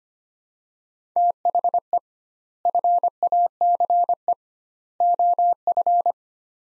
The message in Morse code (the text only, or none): THE FACE OF